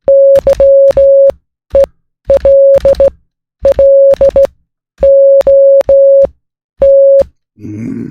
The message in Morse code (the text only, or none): YELLOT